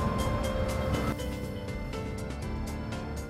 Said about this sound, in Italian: Quello che avete ascoltato è un test drive di un'auto elettrica.